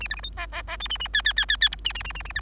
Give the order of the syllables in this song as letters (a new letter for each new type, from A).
A B C D E E E F A A G G G G G H A A A A A B